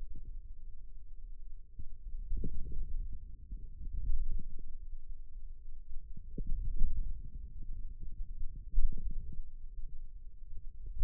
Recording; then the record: forearm muscle sounds (acoustic myography)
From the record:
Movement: ulnar deviation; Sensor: system 2, bracelet of six BSWA MPA416 microphones around the upper forearm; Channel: 4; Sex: male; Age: 22 years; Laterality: right